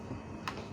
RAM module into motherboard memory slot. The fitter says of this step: plek aja udah udah plek Ya udah ah bunyi plek nah